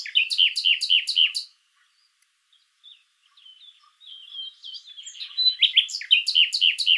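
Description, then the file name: Common nightingale song opening with a rapid series of loud repeated chirps, a pause of faint notes, then a gathering warble that ends in another fast chirping run. "Luscinia megarhynchos"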